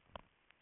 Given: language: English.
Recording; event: throat vibration sensor signal played as sound; swallow